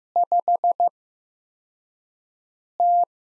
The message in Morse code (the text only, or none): 5T